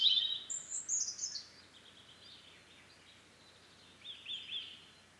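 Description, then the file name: European robin song: a loud opening flurry of sharp high notes, a long quiet stretch of faint warbling, then a short fluttering phrase. "Erithacus rubecula"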